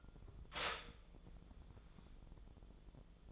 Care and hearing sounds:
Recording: daily activity, microphone in the room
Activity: stop toaster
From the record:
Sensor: 5

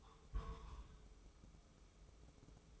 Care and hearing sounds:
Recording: daily activity, microphone in the room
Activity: place on stove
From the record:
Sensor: 1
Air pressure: 995.4 hPa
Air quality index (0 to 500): 29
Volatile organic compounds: 1 ppm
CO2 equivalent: 544 ppm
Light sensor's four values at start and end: 29/101/39/40 and 29/102/39/40

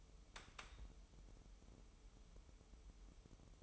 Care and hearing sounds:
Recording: daily activity, microphone in the room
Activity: take from stove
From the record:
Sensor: 1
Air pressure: 988.3 hPa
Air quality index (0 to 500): 202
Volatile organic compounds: 1000 ppm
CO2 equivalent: 5415 ppm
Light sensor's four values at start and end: 27/98/37/39 and 27/98/37/39

